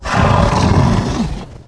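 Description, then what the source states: Bear roar: a single loud, harsh, rasping growl lasting about a second and a half, deep and noisy, fading at the end. Attack sound.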